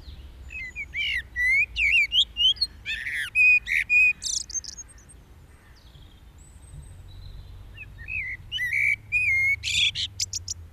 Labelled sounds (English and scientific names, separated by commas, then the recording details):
Common Blackbird (Turdus merula) song
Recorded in the wild
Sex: male
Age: adult
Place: Garmisch-Partenkirchen, Bayern, DE
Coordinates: 47.4817, 11.24
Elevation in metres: 941
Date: 1969-04-11
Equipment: Uher 4000 Report, Sennheiser MKH 405
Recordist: Tretzel, Erwin